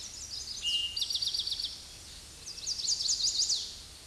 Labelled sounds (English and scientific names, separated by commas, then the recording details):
Chestnut-sided Warbler (Setophaga pensylvanica) song
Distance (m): 15 m
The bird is about 5 m above the microphone
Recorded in a Pennsylvania forest on 16 May 2024 at 07:43
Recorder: AudioMoth, point MSD-2257
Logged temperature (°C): 16.0 °C
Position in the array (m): 171 m, 175 m